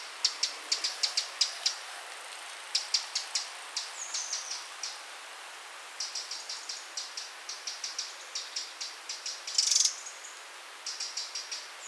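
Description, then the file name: Eurasian wren giving repeated sharp high ticks in quick runs, broken by short pauses and one brief rattle toward the end. "Troglodytes troglodytes"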